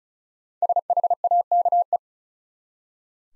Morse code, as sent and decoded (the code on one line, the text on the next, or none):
... .... .- -.- .
SHAKE